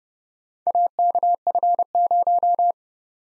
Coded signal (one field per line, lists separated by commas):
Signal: Morse code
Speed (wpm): 29 wpm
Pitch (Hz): 700 Hz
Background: none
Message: AKF0